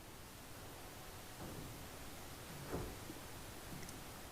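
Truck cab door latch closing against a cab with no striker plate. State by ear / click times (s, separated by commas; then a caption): not seated / none. A freshly hung steel cab door on an old pickup, hung with no adjustment yet, is swung closed against the cab to check its gaps, with no striker plate installed. A soft contact thump is heard around 2.7 s over steady broadband hiss, followed by a brief sharp tick at the very end. Nothing has latched or clicked, because there is no striker plate for the door to latch onto.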